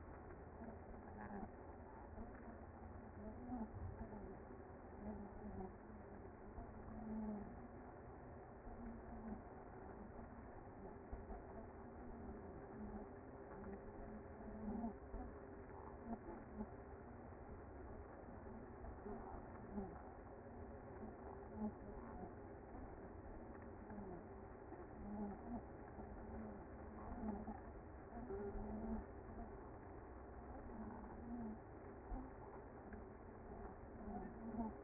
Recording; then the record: honeybee colony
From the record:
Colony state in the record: active